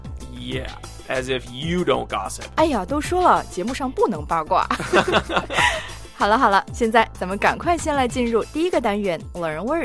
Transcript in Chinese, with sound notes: Yeah, as if you don't gossip...
哎哟，都说了，节目上不能八卦! (both laugh) 好了好了现在，咱们赶快先来进入第一个单元，learn